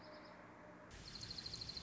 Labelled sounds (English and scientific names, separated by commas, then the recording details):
Dark-eyed Junco (Junco hyemalis)
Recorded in Sonoma County, California